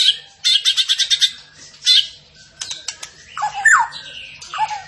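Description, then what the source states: Tembakan bird song, opening with a fast run of rattling buzzy notes, then sharp whistles and descending slurred phrases. Tembakan bird singing vigorously and constantly (gacor).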